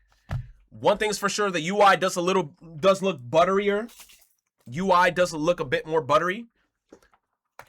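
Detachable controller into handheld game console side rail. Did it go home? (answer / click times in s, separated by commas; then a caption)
yes / 7.6 s. Someone talks for most of the clip while a detachable controller is slid onto the side rail of a handheld game console for handheld mode, a plastic-on-plastic attachment. Near the end, a short, sharp click sounds at 7.6 s as the controller seats, with a more haptic, crisper feel than the previous model.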